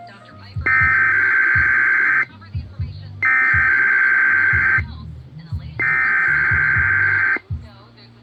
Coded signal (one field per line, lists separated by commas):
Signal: Emergency Alert System (SAME) tones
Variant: header bursts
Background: speech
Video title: Required Weekly Test on KDKA-AM #45 || 6/26/22 (EAS # 1164-1166)